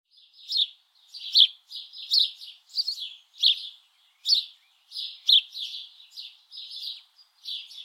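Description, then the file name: House Sparrow chirps, buzzy cheep notes repeated in an irregular run, with no other noticeable sounds. "Passer domesticus"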